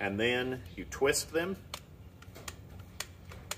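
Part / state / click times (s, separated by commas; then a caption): twist lock plug into twist lock connector / seated / 3.0 s. Someone talks as a 3-phase 4-prong twist lock plug is seated fully into its mating twist lock connector and twisted. Several short, sharp ticks follow, with the locking click at 3.0 s. The plug is locked and will not come apart when pulled on.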